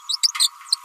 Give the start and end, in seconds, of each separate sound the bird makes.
0.09-0.17, 0.23-0.31, 0.39-0.50, 0.72-0.76